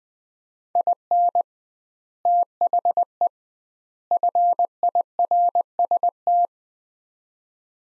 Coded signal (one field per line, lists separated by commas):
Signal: Morse code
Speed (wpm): 20 wpm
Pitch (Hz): 700 Hz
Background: none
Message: IN THE FIRST